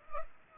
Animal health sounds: mosquito wingbeat signal from an infrared sensor; Culex pipiens

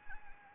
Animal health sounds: mosquito wingbeat signal from an infrared sensor; Anopheles arabiensis

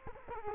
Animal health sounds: mosquito wingbeat signal from an infrared sensor; Culex quinquefasciatus

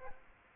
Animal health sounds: mosquito wingbeat signal from an infrared sensor; Aedes aegypti

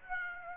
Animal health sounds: mosquito wingbeat signal from an infrared sensor; Aedes aegypti

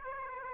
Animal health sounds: mosquito wingbeat signal from an infrared sensor; Aedes aegypti

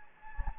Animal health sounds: mosquito wingbeat signal from an infrared sensor; Anopheles gambiae

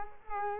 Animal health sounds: mosquito wingbeat signal from an infrared sensor; Culex quinquefasciatus

